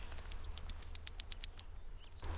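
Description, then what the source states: Cicada song as a shrill steady hiss with a string of evenly spaced clicks. Cicadas recorded in July 2008.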